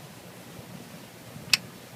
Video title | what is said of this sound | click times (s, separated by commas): How to Change a Valve Cover Gasket 93 Jeep Wrangler YJ | there so hear that click click means | 1.5 s